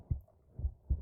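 Normal heart sounds of an adult: low, dull thumps heard through a microphone held against the chest.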